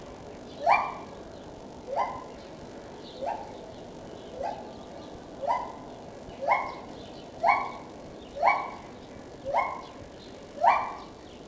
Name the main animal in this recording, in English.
Lar Gibbon